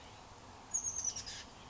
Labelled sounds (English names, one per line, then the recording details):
Oak Titmouse
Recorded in Sonoma County, California